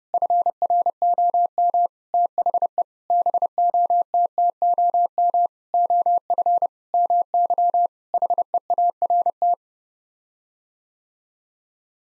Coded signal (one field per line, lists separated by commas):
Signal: Morse code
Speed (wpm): 30 wpm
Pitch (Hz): 700 Hz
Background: none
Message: FROM THE BOTTOM OF MY HEART